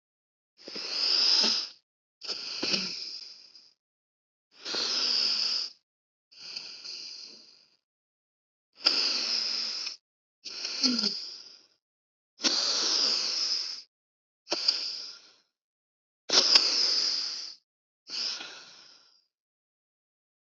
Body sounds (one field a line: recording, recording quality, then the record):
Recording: deep breathing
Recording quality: excellent, no background noise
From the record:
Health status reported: healthy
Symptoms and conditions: hypertension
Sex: male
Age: 29 years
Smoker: not ticked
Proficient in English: yes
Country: India